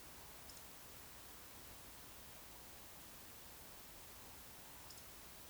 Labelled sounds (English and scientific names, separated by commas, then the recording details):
Eurasian Woodcock (Scolopax rusticola) whistle, Eurasian Woodcock (Scolopax rusticola) croak
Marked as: whistle, croak, whistle
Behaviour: display flight
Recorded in Baden-Württemberg, Germany, on 19 June 2020 at 20:05 UTC
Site 49006, 684 m above sea level